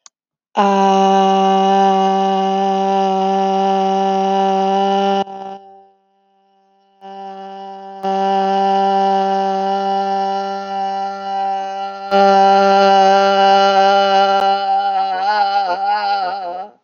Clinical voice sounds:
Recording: vowel held as long as possible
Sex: female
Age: 20 to 29 years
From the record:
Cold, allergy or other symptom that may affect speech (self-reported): no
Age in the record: 27 years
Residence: Wisconsin, United States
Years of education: 13

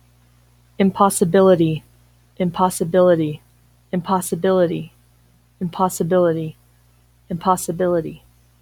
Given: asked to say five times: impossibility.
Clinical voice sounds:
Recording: repeated word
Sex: female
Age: 30 to 39 years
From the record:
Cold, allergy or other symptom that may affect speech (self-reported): no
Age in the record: 33 years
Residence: Nevada, United States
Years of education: 16

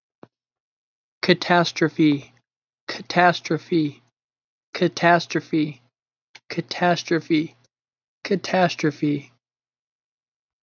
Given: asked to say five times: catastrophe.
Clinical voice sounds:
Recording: repeated word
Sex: male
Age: 20 to 29 years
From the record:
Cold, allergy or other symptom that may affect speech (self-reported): no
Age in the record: 29 years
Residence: United States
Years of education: 14

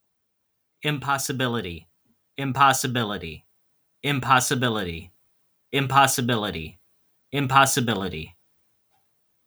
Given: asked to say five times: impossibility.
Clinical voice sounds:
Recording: repeated word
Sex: male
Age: 40 to 49 years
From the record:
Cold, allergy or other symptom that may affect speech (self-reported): no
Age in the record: 44 years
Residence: Michigan, United States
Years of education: 13

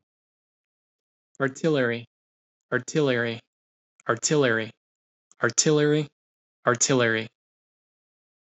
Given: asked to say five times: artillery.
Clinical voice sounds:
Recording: repeated word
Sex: male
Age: 30 to 39 years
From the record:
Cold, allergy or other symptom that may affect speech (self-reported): no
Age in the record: 30 years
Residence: Florida, United States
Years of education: 16

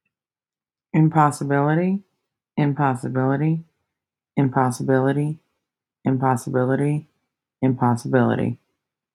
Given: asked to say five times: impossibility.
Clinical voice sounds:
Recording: repeated word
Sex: female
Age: 30 to 39 years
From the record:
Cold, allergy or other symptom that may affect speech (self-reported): no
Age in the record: 34 years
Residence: United States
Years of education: 19

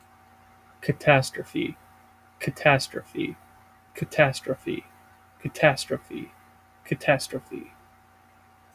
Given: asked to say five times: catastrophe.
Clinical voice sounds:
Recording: repeated word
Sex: male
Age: 20 to 29 years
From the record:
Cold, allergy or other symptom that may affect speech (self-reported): no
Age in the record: 27 years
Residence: United States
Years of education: 17

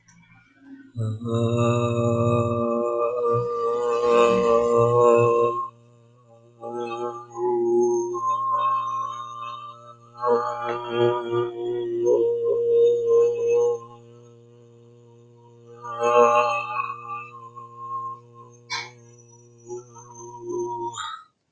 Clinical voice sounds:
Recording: vowel held as long as possible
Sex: male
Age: 20 to 29 years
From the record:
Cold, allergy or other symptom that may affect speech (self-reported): no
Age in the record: 29 years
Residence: California, United States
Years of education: 12

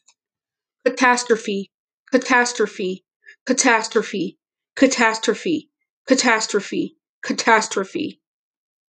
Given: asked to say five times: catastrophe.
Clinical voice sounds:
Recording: repeated word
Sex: female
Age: 20 to 29 years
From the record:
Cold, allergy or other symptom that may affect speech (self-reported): no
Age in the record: 21 years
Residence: North Dakota, United States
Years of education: 12

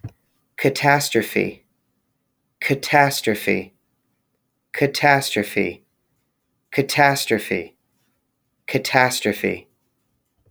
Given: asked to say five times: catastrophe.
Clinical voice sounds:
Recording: repeated word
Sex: male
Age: 30 to 39 years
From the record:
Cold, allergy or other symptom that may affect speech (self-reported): no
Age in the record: 32 years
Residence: Connecticut, United States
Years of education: 16

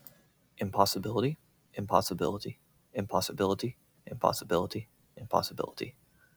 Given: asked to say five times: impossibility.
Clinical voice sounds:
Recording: repeated word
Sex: male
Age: 30 to 39 years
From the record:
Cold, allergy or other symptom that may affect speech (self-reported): no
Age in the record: 32 years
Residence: United States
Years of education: 18

